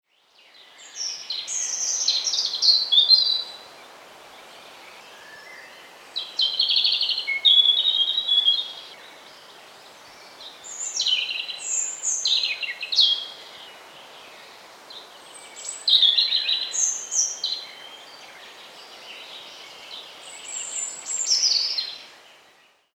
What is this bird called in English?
European Robin